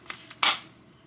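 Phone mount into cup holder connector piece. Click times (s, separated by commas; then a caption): 0.4 s. A JOYTUTUS phone mount piece is pressed down onto the assembled plastic cup holder and connector for a 2024 Chevy Colorado. Two small ticks at 0.1 s and 0.3 s are followed by a sharp, bright snap at 0.4 s as the mount clicks into place. The mount is seated in the cup holder assembly.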